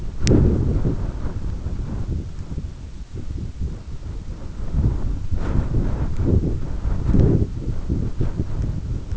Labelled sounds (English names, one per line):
none